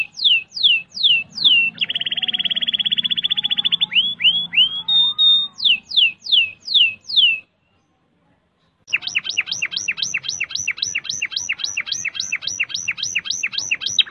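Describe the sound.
Canary song mixing loud downward-slurred whistles, a dry rapid rattle, more slurs, a pause, then a long, fast series of bright repeated notes.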